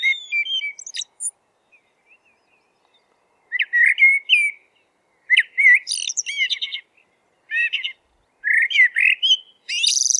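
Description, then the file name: Eurasian blackbird singing separate phrases with gaps of a second or two: rich, varied fluted notes mixed with chattering high squeaks. "merel zang"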